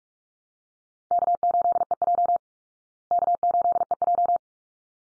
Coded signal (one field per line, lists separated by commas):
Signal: Morse code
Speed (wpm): 44 wpm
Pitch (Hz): 700 Hz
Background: none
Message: K8EJ K8EJ